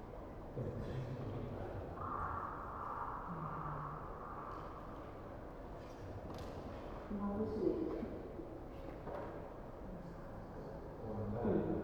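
Visitors talk in a steady, overlapping murmur of voices that fills the whole twelve seconds. A higher tone hangs between two and five seconds, and around seven to eight seconds and again near the end the voices rise and grow busier.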